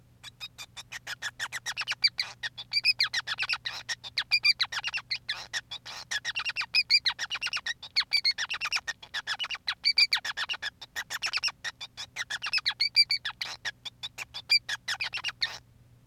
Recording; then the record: song of a male Bengalese finch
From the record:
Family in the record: son of father 5